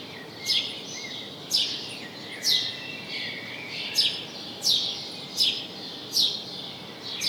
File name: Passer domesticus